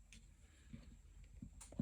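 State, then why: Not seated. A small plastic detail part of an RMS Titanic scale model is handled at its mounting hole on the model engine assembly. There are faint handling taps and rustles, with a brief sharp tick near 0.1 seconds and a low thump at 1.8 seconds. The part has not clicked or seated yet.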